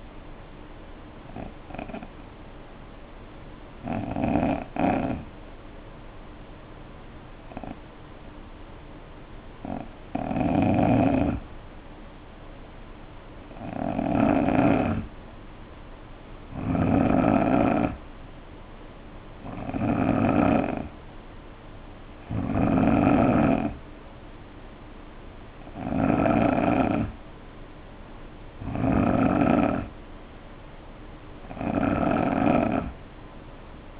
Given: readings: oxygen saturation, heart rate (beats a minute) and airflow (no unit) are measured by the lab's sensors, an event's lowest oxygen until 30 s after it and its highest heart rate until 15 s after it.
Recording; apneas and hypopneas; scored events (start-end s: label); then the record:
breathing in sleep by a voice recorder at the bedside; 1
6.00-23.10 s: hypopnea (N3, oxygen 92% highest, then 88% lowest, heart rate 66 at the start, 66 highest)
16.00-34.00 s: new sleep stage, N2 (light sleep)
From the record:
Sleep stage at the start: N3 (deep sleep); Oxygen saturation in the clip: 88 to 92%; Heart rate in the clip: 58 to 71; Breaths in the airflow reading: 9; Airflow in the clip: -3.7 to 3.2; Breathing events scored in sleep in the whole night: 520 in 7.2 hours asleep